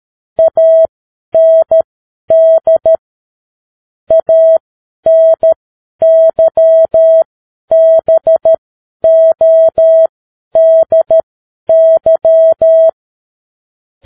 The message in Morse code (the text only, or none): AND ANYBODY